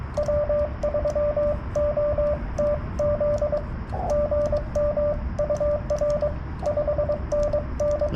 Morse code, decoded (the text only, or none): W3OTZ GM UR 5NN